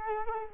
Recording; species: mosquito wingbeat signal from an infrared sensor; Culex quinquefasciatus